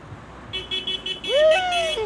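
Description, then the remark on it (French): At a demonstration at the entrance of the Le Channel venue in Calais, France, car horns honk in short repeated bursts, then a louder horn blares with a rising, sustained tone, several horns overlapping in a noisy, insistent chorus. “Moi j'ai de l'énergie, vous vous appuyez sur le klaxon, c'est pas dur!”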